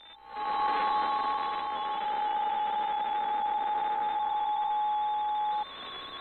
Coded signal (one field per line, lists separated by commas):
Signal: PSK63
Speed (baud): 62.5 baud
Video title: RSGB AFS Datamode Contest 2023